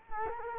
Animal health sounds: mosquito wingbeat signal from an infrared sensor; Culex quinquefasciatus

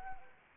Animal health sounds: mosquito wingbeat signal from an infrared sensor; Anopheles arabiensis

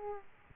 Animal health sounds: mosquito wingbeat signal from an infrared sensor; Aedes aegypti

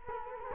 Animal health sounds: mosquito wingbeat signal from an infrared sensor; Culex quinquefasciatus

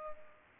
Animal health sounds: mosquito wingbeat signal from an infrared sensor; Culex pipiens

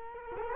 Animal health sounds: mosquito wingbeat signal from an infrared sensor; Culex quinquefasciatus

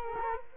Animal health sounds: mosquito wingbeat signal from an infrared sensor; Culex quinquefasciatus

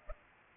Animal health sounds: mosquito wingbeat signal from an infrared sensor; Aedes aegypti

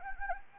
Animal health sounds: mosquito wingbeat signal from an infrared sensor; Anopheles gambiae

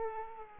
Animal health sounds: mosquito wingbeat signal from an infrared sensor; Culex quinquefasciatus

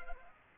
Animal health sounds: mosquito wingbeat signal from an infrared sensor; Culex pipiens

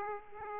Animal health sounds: mosquito wingbeat signal from an infrared sensor; Aedes aegypti

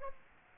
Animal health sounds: mosquito wingbeat signal from an infrared sensor; Aedes aegypti

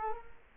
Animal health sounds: mosquito wingbeat signal from an infrared sensor; Culex quinquefasciatus

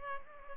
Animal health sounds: mosquito wingbeat signal from an infrared sensor; Culex pipiens

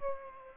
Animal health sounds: mosquito wingbeat signal from an infrared sensor; Aedes aegypti

